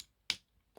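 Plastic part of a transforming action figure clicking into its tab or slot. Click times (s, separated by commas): 0.3 s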